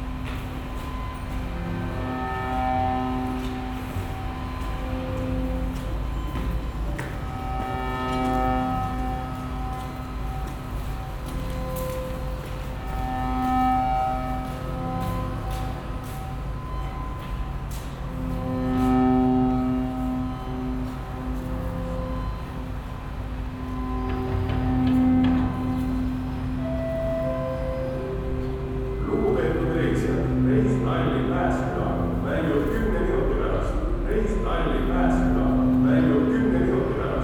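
Outdoor field recording with a low steady machine hum and sustained tones, faint speech, and a busier rattling texture entering near thirty seconds.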